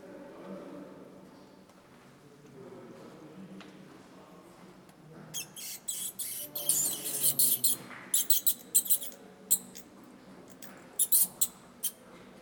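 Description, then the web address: Bats chattering, a dense burst of shrill high squeaks and clicks that thins into scattered chirps, over a faint low hum. "Soundscape Bat 1"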